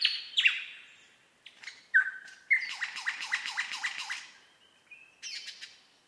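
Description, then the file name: Superb lyrebird song: sliding whistles, then a rapid run of sharp downslurred notes, ending in a buzzy higher phrase. Recorded at Mount Airly; date given as 30 May 2011. "SLB-mt airly 300511"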